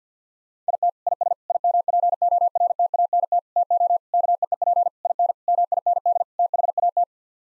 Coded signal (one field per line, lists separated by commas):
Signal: Morse code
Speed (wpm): 50 wpm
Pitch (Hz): 700 Hz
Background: none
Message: IT IS IMPORTANT TO KEEP IN MIND THAT